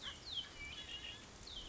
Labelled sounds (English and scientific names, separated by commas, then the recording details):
Red-winged Blackbird (Agelaius phoeniceus)
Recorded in Sonoma County, California